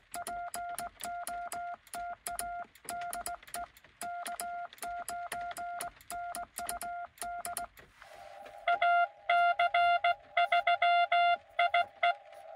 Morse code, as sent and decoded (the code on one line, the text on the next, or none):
.--. --- - .- / -.. . / -.- ----. -. ..- -.. / .- -.-. ...-- .. .
POTA DE K9NUD AC3IE